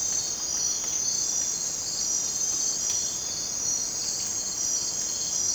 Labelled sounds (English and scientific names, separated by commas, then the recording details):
none
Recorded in dense forest near Puerto Asís, Putumayo, Colombia, on 27 June 2025 at 01:30
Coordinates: 0.484, -76.317
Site G045